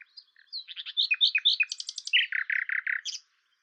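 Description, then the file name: Common nightingale song phrase: clicking and chattering notes build into rapid repeated high notes, then a series of rich, lower pulsed notes and a final high note. "Luscinia megarhynchos"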